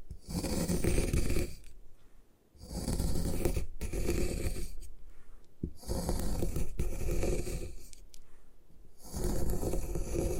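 Gym chalk is crushed and ground in repeated rough scraping strokes, each lasting about a second and a half, separated by short quiet gaps near 2, 5.5 and 9 seconds. The grinding is dense and gritty, strong in the low end with a hissy top, and a few sharp clicks land between strokes.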